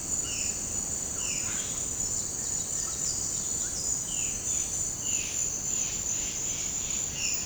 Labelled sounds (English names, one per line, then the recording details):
Violaceous Jay
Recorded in dense forest near Puerto Asís, Putumayo, Colombia, on 20 February 2024 at 08:00
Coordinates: 0.503, -76.322
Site G6418